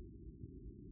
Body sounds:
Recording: neck accelerometer signal played as sound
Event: no cough (speech, laughter, throat clearing or background)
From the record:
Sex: female

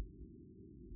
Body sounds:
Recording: neck accelerometer signal played as sound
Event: no cough (speech, laughter, throat clearing or background)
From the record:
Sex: female

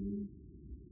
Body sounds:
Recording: neck accelerometer signal played as sound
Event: no cough (speech, laughter, throat clearing or background)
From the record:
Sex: female

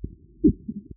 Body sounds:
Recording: neck accelerometer signal played as sound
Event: voluntary cough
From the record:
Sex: female

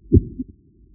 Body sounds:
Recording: neck accelerometer signal played as sound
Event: voluntary cough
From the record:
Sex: male

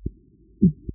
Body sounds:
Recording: neck accelerometer signal played as sound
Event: voluntary cough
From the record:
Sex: male

